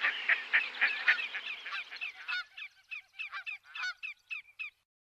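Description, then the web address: Red-necked grebe calls: a harsh, overlapping braying opening, then a rapid, clipped series of short chattering notes that stops abruptly. Western USA. "Songs of Birds of North America Western USA Songbirds. Red-Necked Grebe"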